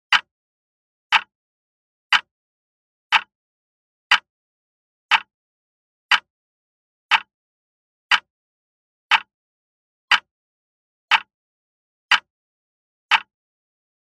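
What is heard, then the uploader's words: A clock ticks steadily, one crisp tick about every second, fourteen in all. Each tick is short, sharp and fairly bright, with a faint low knock beneath it, and the gaps between are completely silent. The gentle, rhythmic ticking of the clock provides a steady, peaceful backdrop. This episode features only the natural sound of a clock ticking, with no music or dialogue.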